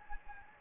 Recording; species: mosquito wingbeat signal from an infrared sensor; Anopheles gambiae